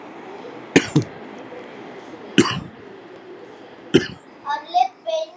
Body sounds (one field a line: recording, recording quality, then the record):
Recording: shallow voluntary cough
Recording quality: excellent, no background noise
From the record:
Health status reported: healthy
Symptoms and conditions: none ticked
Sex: male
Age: 41 years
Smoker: yes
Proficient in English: yes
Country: India